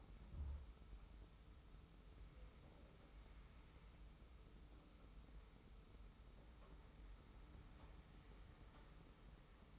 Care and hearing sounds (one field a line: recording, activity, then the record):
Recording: daily activity, microphone in the room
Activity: wipe stove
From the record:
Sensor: 1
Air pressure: 991.5 hPa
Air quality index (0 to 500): 136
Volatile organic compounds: 577 ppm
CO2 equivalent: 4914 ppm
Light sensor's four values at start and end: 40/124/49/51 and 40/124/49/51